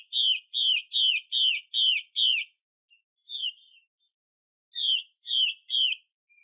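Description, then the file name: Chinese hwamei song: six quick, even, downslurred whistles in a row, a quieter note, then three more matching whistles after a short gap. Female bird. "Tieng chim hoa mi mai xuy"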